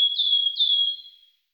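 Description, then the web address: Wood warbler giving two drawn-out, clear whistles at an even high pitch, each opening with a slight downward slur and fading away at the end. "IVN Zangvogels. Fluiter"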